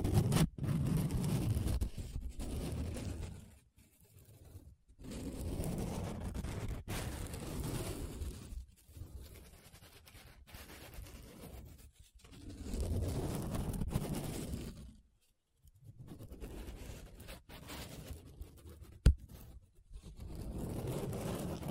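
Paper being rubbed and scratched in long, rough strokes, each lasting a few seconds, with short pauses between them. The rasping is full and grainy, heaviest in the low end, and a sharp click lands around nineteen seconds.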